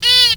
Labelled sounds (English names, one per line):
Zebra Finch distance call